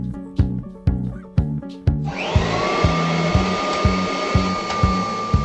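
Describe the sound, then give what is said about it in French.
A vacuum cleaner motor switches on partway through, settling into a loud, steady roar with a high whine, layered over a thumping, evenly pulsing music beat that continues underneath. “l'émission radio idéale pour passer l'aspirateur.”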